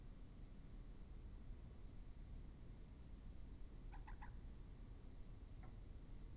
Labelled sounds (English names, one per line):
Common Moorhen
unidentified sound